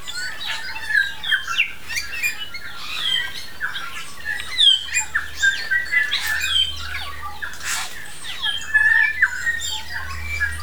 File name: New Zealand Bellbirds (Anthornis melanura) singing on Tiritiri Matangi Island